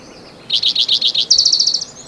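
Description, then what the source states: Spotted Towhee sings a run of several notes, then a faster high trill. Individual number one, recorded in Rhodes Canyon, Utah County, Utah, June 22, 2010.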